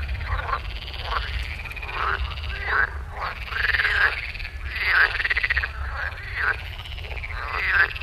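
Frogs croaking in a dense chorus, raspy pulsed calls overlapping and swelling and fading in repeated bursts, with a steady low rumble underneath.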